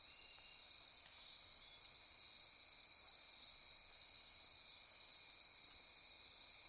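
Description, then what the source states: Insect chorus, a constant high shrill buzzing of many overlapping callers, sustained evenly without pauses. Insect chorus recorded at midnight near Corcovado.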